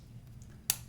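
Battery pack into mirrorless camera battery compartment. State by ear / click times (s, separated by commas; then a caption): seated / 0.7 s. A rechargeable battery pack is pushed into the battery compartment of a Panasonic Lumix DMC-G5 mirrorless camera. After a low, steady hum and a couple of faint ticks, a single sharp, loud click sounds at 0.7 s as the retaining latch catches, and the battery is seated.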